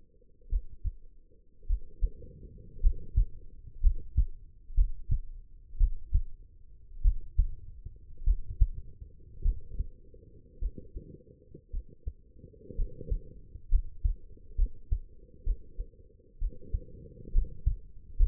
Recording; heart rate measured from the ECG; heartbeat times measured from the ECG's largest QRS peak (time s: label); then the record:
heart sounds by stethoscope; 58 bpm
0.49 s: heartbeat
1.66 s: heartbeat
2.80 s: heartbeat
3.81 s: heartbeat
4.74 s: heartbeat
5.77 s: heartbeat
7.02 s: heartbeat
8.24 s: heartbeat
9.42 s: heartbeat
10.59 s: heartbeat
11.70 s: heartbeat
12.75 s: heartbeat
13.69 s: heartbeat
14.55 s: heartbeat
15.43 s: heartbeat
16.38 s: heartbeat
17.32 s: heartbeat
18.17 s: heartbeat
From the record:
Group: healthy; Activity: rest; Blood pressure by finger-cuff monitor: 111/69 mmHg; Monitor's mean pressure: 81 mmHg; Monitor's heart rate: 53 bpm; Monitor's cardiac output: 4.7 L/min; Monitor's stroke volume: 87 mL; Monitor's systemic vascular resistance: 1280 dyn s/cm5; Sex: female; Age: 23 years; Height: 160 cm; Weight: 50.4 kg